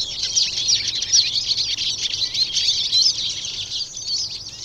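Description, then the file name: Eurasian siskin calls in a continuous high twitter, many quick overlapping chirps and trills without pause. "Eurasian Siskin (Carduelis spinus)"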